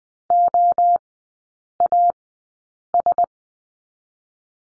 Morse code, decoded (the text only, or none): O A S